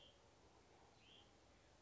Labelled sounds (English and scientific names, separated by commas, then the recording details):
Hutton's Vireo (Vireo huttoni)
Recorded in Sonoma County, California